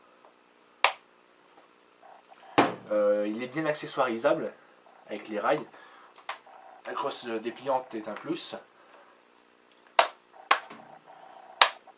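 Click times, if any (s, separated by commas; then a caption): 11.6 s. Someone talks while working the folding stock of an ASG/KWA B&T MP9 A3 airsoft gas blowback SMG, with sharp clacks at about 0.9, 10.0 and 10.5 seconds. The stock snaps into its locked position with a sharp click at 11.6 seconds, and it clips in well and holds firmly.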